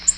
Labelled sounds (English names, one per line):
Nashville Warbler flight call